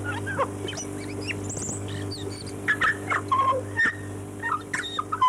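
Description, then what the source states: Chatham Island tui song: a varied jumble of clear whistled notes, sharp clicks and high thin squeaks, delivered in quick irregular bursts over a steady low hum. Chatham Islands subspecies of tui, Chatham Islands.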